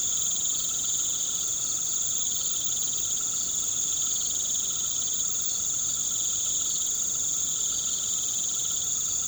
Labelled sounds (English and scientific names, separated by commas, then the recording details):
none
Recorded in pastures near Puerto Asís, Putumayo, Colombia, on 13 March 2025 at 19:00
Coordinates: 0.486, -76.323
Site G075